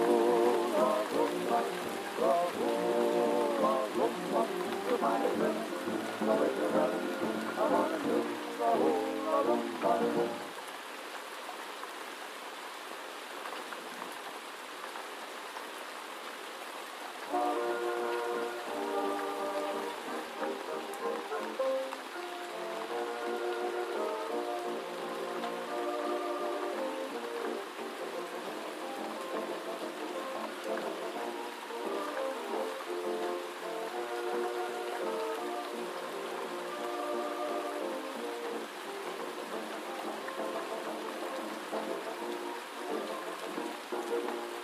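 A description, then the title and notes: Gentle night rain hisses steadily throughout, with old-time music playing from another room. The tune carries through the first ten seconds, drops out for about seven, leaving only the soft rain, then returns around seventeen seconds and continues, muffled and mid-pitched, to the end. Gentle Night Rain & Oldies Playing in Another Room.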